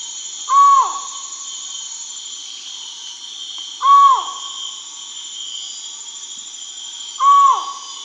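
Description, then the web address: Collared forest-falcon calling: three hollow, resonant notes that fall at the end, spaced about three seconds apart, with a constant buzzing insect chorus behind. Amazon, Peru. "Birds of the Amazon. Collared Forest-Falcon (Micrastur semitorquatus), Peru"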